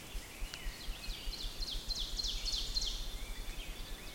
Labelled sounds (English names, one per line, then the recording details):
Ovenbird song
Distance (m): 65 m
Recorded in boreal forest in Alberta, Canada, on 6 June 2016 at 06:16
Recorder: SongMeter 3, array SBT-3-51
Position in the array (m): 248 m, 205 m
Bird 28